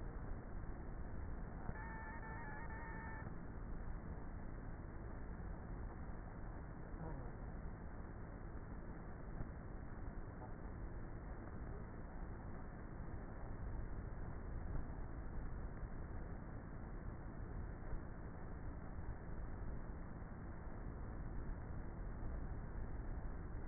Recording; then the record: honeybee colony, microphone inside the hive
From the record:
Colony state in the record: queenless with a low population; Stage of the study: before two queens were removed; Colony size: about 30,000 bees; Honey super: no